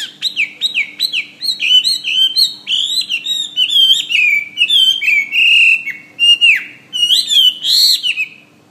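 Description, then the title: Bird song of rapid, varied phrases: bouncing slurred whistles and sharp chirps following one another in quick succession. "SuaraBurung Kicau"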